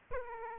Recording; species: mosquito wingbeat signal from an infrared sensor; Aedes aegypti